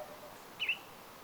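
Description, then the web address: Tringa sandpiper call: a single short, high note against quiet background hiss. Young bird in moulting plumage, recorded 23 September 2024. "paivat 23 9 2024 tuollainen nuoren vaihtopukuisen tp kivatviklon aani"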